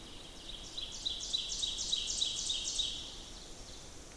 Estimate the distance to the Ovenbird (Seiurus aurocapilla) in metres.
about 50 m